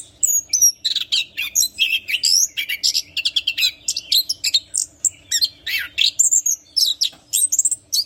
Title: Anis Kembang Gacor Ngeplong Istimewa Suara Burung